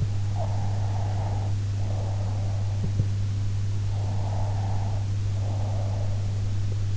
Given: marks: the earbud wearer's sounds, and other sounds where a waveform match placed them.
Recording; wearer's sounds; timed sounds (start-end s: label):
sounds in sleep by an in-ear microphone; breath
0.26-3.18 s: breath
3.95-6.66 s: breath